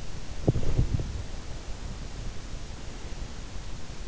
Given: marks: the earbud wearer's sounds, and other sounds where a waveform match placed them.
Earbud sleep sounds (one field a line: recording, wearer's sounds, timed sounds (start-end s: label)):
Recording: sounds in sleep by an in-ear microphone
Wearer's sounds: body movement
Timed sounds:
0.14-1.31 s: body movement